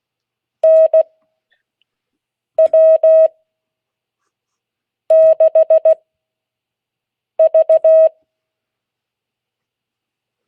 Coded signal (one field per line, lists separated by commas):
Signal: Morse code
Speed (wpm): 16 wpm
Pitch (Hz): 640 Hz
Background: none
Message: NW6V